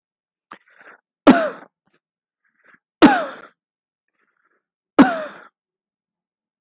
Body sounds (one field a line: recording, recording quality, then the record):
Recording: heavy voluntary cough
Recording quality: excellent, no background noise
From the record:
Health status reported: exposed to COVID-19, no respiratory illness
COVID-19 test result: negative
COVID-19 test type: RT-PCR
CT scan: not taken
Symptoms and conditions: sore throat, asthma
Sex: male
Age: 37 years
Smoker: no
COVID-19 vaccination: both doses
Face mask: worn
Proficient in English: no